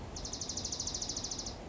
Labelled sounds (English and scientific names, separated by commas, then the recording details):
Dark-eyed Junco (Junco hyemalis)
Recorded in Sonoma County, California